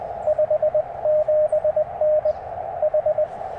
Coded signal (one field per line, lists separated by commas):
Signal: Morse code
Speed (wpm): 22 wpm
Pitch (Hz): 600 Hz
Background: radio noise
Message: 57N H